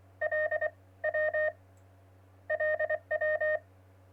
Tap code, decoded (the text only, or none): none